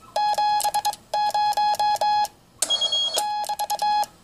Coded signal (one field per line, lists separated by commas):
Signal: Morse code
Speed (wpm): 24 wpm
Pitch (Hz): 840 Hz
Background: none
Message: 70 <BT>